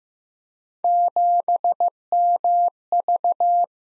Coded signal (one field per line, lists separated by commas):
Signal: Morse code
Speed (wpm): 15 wpm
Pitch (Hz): 700 Hz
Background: none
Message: 7MV